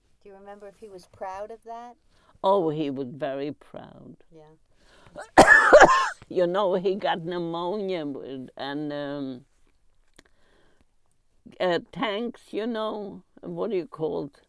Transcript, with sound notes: Do you remember if he was proud of that?
Oh he was very proud. (Coughs) You know he got pneumonia. And tanks, you know, what you called,